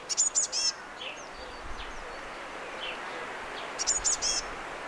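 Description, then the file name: Eurasian blue tit calls, two quick bursts of high thin notes, one at the start and one near the end, with faint chirps between. "Cyanistes caeruleus"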